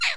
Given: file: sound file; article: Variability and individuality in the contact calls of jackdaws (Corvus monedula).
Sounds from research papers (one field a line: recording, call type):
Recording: jackdaw call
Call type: noisy